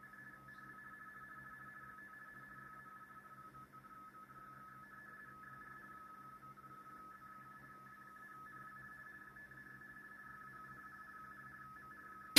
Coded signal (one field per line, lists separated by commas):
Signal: RTTY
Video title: XIEGU X6100 - R1CBU Soft in RTTY